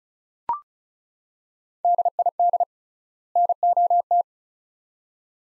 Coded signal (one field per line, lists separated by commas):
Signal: Morse code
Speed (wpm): 36 wpm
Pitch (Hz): 700 Hz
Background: none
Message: DID NOT